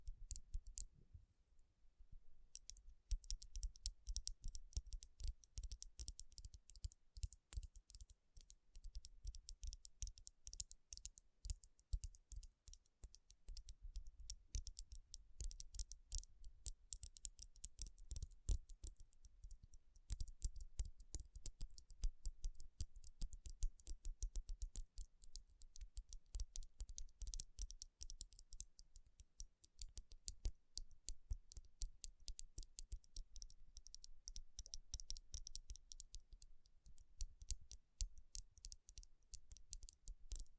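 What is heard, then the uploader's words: Fingers tap and rub on rhinestone-covered palms, a dense, continuous stream of sharp, bright clicks and scratches with faint low thumps throughout. Tapping & Rubbing Rhinestone Covered Palms.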